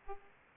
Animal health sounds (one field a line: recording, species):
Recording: mosquito wingbeat signal from an infrared sensor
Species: Aedes aegypti